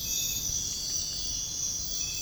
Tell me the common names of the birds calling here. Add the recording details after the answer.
Green-backed Trogon. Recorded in dense forest near Puerto Asís, Putumayo, Colombia, on 29 June 2025 at 05:30. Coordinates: 0.481, -76.323. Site G072